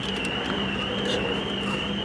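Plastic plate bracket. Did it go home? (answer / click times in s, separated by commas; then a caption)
no / none. A front license plate holder is handled at a quick-release bracket on the bumper of a 2023-2025 BMW 740i/760i M-Sport, started in the bracket holes ahead of sliding down to lock. Steady broadband noise with a continuous tone near 3 kHz runs throughout, with no sharp hits. The holder has not seated or locked into place yet.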